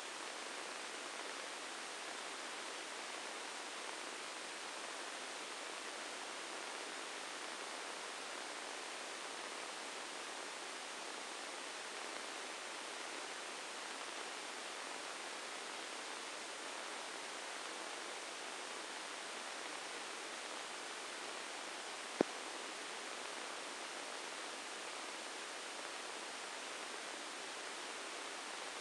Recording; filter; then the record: brain microelectrode recording played as sound; spike band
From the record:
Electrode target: subthalamic nucleus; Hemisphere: right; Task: reaching with the left hand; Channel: 1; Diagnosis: Parkinson's disease